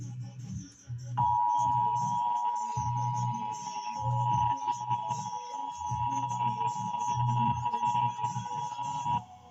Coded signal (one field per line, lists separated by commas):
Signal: Emergency Alert System (SAME) tones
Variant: 853 and 960 Hz attention tone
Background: music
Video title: I GOT A FOOD CONTAMINATION WARNING! [Not really] #eas #emergemcyalert